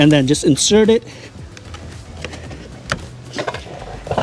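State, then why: Seated. Someone talks briefly as a Tesla front license plate holder is inserted into its front bumper mount base and given a little push. A sharp click at 2.9 s marks the holder locking into place, with a few softer taps and knocks after it.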